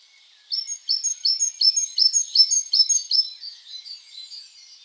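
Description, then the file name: Great tit calls: a quick, even series of bright high chips, about ten over three seconds, tailing off into softer notes. "Parus major"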